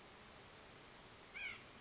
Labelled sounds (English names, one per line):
White-breasted Nuthatch